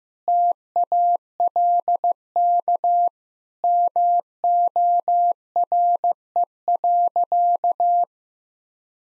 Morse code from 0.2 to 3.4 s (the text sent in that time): TALK